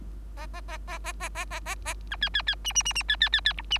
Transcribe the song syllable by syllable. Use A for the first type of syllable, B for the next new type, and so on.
A A A A A A A A A A B C C C D D D D C C C C E D